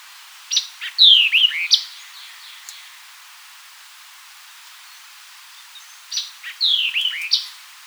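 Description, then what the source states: White-eyed vireo singing a brisk, emphatic phrase of clipped notes and falling whistled slurs, repeated once after a few seconds of near silence. Recorded 4 January 2007.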